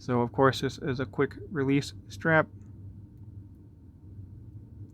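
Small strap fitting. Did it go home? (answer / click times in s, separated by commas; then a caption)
no / none. Someone talks for about the first two and a half seconds while holding a quick-release watch strap and lining its spring bar up between the lugs of the watch case, followed by a quiet low background. Nothing has seated or clicked yet.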